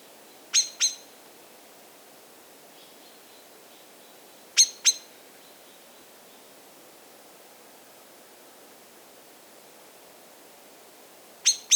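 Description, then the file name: Common blackbird calling: three well-spaced pairs of hard, metallic ticks separated by several seconds of quiet, with faint thin notes in the background. "Turdus merula"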